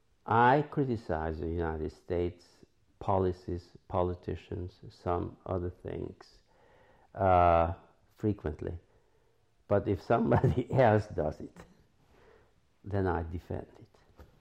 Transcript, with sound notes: I criticize the United States policies, politicians, some other things frequently. But if somebody [chuckles] else does it, then I defend it.